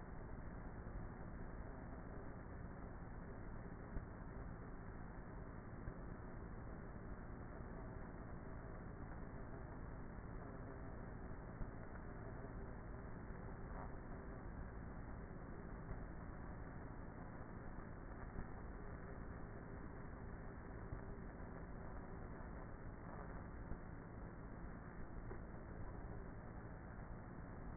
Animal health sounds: honeybee colony, microphone inside the hive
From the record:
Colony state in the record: queenless with a low population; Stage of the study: before two queens were removed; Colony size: about 30,000 bees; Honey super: no

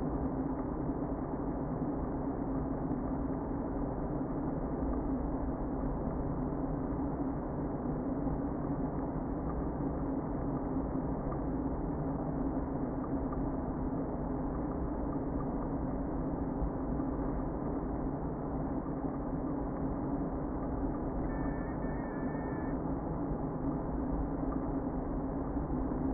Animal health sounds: honeybee colony, microphone inside the hive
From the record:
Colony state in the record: queen present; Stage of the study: before two queens were removed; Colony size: about 60,000 bees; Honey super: yes

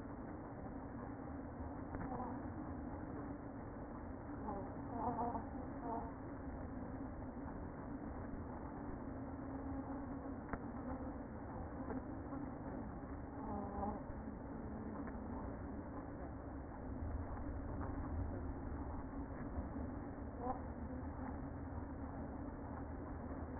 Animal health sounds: honeybee colony, microphone inside the hive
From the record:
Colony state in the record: queen present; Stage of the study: after two queens were removed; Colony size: about 60,000 bees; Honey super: yes

